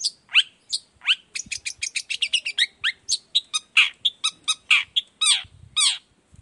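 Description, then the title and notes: Long-tailed shrike song, a rapid sequence of varied whistled and buzzy notes, many sweeping downward, delivered almost continuously. Cendet song in the morning, varied toet toet notes, used as a lure to prompt other shrikes of any kind to reply quickly. "Cendet Gacor Dor Di Kala Pagi Toet Toet Variasi Suara. Cendet Gacor Efektif Pancingan Buat Cendet Jenis Apapun Agar Cepat Nyaut Buka Paruh. Burung cendet"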